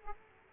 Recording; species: mosquito wingbeat signal from an infrared sensor; Aedes aegypti